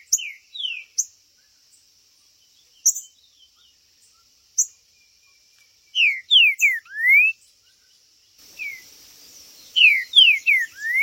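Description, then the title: Green-winged saltator sings with sharp short chirps at first, then two whistled phrases of three falling slurs and a rising note, against a steady high hiss. Chirping, singing and macheando, male territorial calling in a singing contest (disputa). "TRINCA Piando, Cantando E Macheando Na DISPUTA. TRINCA FERRO"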